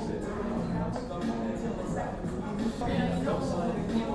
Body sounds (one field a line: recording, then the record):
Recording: background sound without coughing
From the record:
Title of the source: 60 minutes of coffee shop sounds for study and concentration